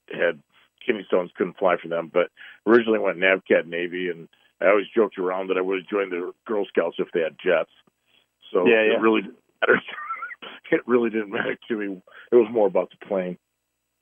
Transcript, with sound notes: I had kidney stones, couldn't fly for them. But originally I went NAVCAD Navy, and I always joked around that I would have joined the Girl Scouts if they had jets.
Yeah, yeah.
So it really didn't matter. (laughs) It really didn't matter to me. It was more about the plane.